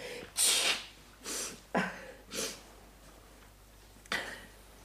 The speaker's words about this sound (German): nein, nicht fotografieren, wenn ich mich schnäuz.